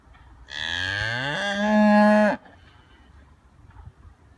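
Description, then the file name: Cattle: cow giving a single sustained moo lasting roughly two seconds, rising at first and then swelling into a loud, steady, harmonic-rich bellow that cuts off sharply. "tehén"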